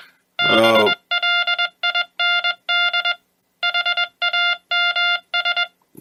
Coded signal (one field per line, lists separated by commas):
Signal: Morse code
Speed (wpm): 21 wpm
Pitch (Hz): 2100 Hz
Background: music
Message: BLIND HAMS